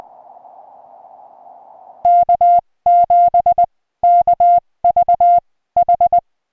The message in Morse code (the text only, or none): K7KVH